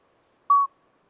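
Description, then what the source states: Common midwife toad giving a single short, pure piping note, clear and bell-like, against a quiet night background. Two calling toads at Lesches-en-Diois, 13 May 2020, at night after two days of rain with dripping vegetation, singing until daybreak; recorded on Nagra Seven with MKH40 microphone.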